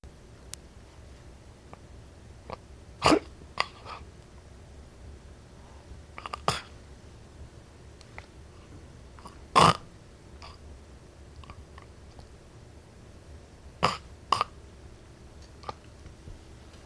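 Brief, abrupt snorting gasps from an adult come at irregular intervals, about five or six in 17 seconds, with long quiet gaps between them. This is agonal gasping, a reflex sign of cardiac arrest that should not be mistaken for normal breathing.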